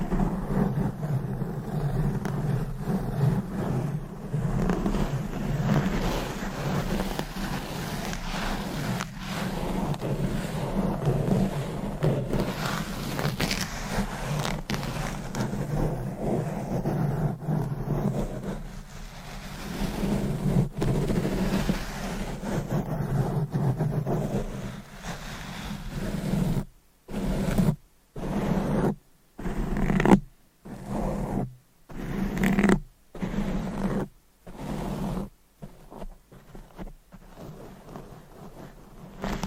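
Deep scratching, brushing and stroking on a microphone, a dense low rumbling rub that runs fairly steadily for about the first 25 seconds. After that it breaks into short, regular strokes roughly once a second, each separated by sharp silent gaps, until the end.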